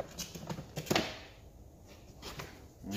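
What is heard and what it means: On an Alfa Mito, the last plastic retaining clips of the door card (interior door trim panel) are pulled free from the metal door frame. Smaller knocks are heard before two sharp pops at 0.9 and 1.0 seconds as the clips come loose and the door card is released.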